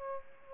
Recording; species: mosquito wingbeat signal from an infrared sensor; Aedes aegypti